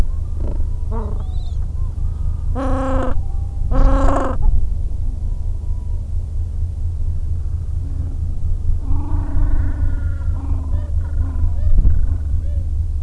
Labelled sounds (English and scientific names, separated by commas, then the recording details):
Gentoo Penguin (Pygoscelis papua)
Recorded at the colony at Godthul, on 25 December 2014
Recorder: Song Meter SM2+